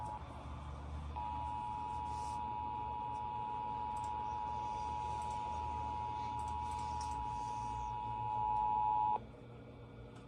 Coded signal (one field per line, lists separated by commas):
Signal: Emergency Alert System (SAME) tones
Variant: 853 and 960 Hz attention tone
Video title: KIH35 GETS BACKLOGGED... (EAS ALERTS 3506-3575 FROM 06/22/22)